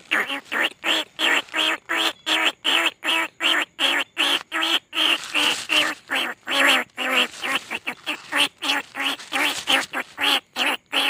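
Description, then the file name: Rice-field rat squealing, continuous rapid nasal squeaks, about three each second, throughout. Lure call recording. "tieng goi chuot dong"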